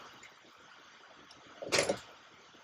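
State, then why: Not seated. A plastic craft pen is lined up in the accessory clamp of a Cricut cutting machine before being pressed down. A low steady hiss is broken by a brief broadband scraping rustle from about 1.6 to 2.0 s, with no sharp hits. The pen has not seated or clicked yet.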